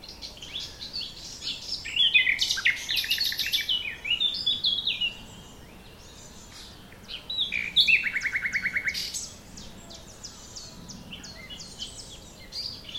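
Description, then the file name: Common nightingale song with busy jumbled chirps early, a pause, then a strong rapid rattling trill around eight seconds and softer notes trailing off. "Luscinia megarhynchos"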